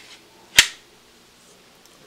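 A sword blade is pushed back into its scabbard, and a single sharp, loud click rings out at 0.6 s. The blade locks in place, flush against the scabbard, and the rest of the clip is quiet.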